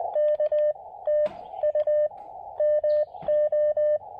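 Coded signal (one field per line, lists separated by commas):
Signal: Morse code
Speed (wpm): 18 wpm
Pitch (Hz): 590 Hz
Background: none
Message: K TU MO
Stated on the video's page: Spring 2022 park activation with an Elecraft KX2 and a Chameleon MPAS Lite antenna at New River State Park.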